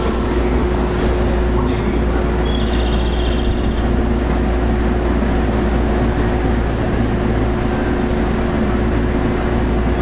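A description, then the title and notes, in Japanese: An electric train running, heard from inside: a steady, dense low rumble with a constant motor hum holding at one pitch throughout. Loudness stays even for the whole stretch, and a brief high squeal appears around the third second. JR西日本 221系。221系電車の走行音。環状線外回り 大阪から天王寺までです。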